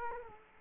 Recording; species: mosquito wingbeat signal from an infrared sensor; Culex quinquefasciatus